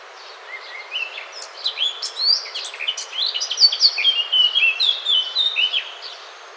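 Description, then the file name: Eurasian blackcap song: a soft, scratchy warble that builds into louder, clear fluted whistles, over a faint background hiss. "Sylvia atricapilla"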